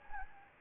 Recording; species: mosquito wingbeat signal from an infrared sensor; Anopheles gambiae